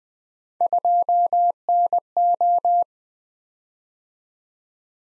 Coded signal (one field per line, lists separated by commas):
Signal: Morse code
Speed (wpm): 20 wpm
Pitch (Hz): 700 Hz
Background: none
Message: 2NO